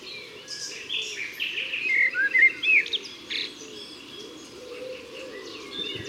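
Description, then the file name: Common blackbird song: warbling, fluty phrases with twittering higher notes, fading after three seconds, over a low wavering background sound. "Turdus merula"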